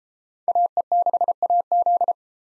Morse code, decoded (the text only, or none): AE6AZ